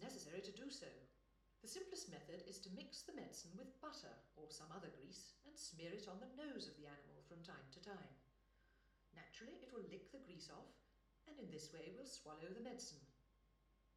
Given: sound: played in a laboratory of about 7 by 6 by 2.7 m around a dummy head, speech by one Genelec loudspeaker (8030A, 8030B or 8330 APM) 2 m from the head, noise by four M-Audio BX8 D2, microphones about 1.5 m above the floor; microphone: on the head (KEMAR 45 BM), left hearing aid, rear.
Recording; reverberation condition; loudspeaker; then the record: female speech in English; medium; 120 degrees to the left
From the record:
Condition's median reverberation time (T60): about 510 ms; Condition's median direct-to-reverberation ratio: about -0.5 dB